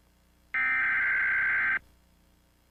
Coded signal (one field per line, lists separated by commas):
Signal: Emergency Alert System (SAME) tones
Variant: header bursts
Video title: Ranking eas alarms 🚨 🏎️